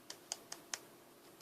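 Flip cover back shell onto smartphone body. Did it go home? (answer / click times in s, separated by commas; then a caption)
yes / 0.1 s, 0.3 s, 0.5 s, 0.7 s. A plastic flip cover is pressed onto the back of a Samsung Galaxy S4 in place of the original back shell, giving a quick series of sharp, bright clicks at 0.1, 0.3, 0.5 and 0.7 seconds, followed by a softer tick near 1.4 seconds. The cover clips on and is seated.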